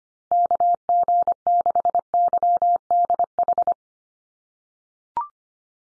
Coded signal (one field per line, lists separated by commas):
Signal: Morse code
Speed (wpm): 25 wpm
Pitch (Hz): 700 Hz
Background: none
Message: KG6YDH